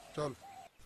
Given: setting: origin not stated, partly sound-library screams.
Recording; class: one-second piece from a danger detection set; normal situation